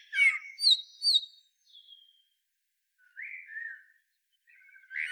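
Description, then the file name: Common blackbird: three loud, sharp notes, then a quieter thin whistle and, after a gap, a few more whistled notes. "Turdus merula"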